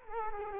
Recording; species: mosquito wingbeat signal from an infrared sensor; Culex quinquefasciatus